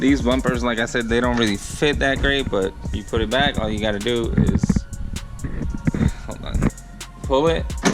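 A front bumper cover is handled at a car's fender quick-release bracket while someone talks, with short sharp knocks and taps between about 5 and 7 seconds. The cover is pushed back and pulled toward the bracket, but nothing has seated or clicked yet.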